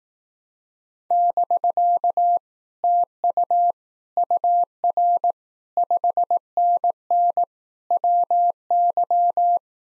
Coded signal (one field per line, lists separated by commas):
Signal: Morse code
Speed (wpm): 18 wpm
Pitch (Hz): 700 Hz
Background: none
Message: <BK> TU UR 5NN WY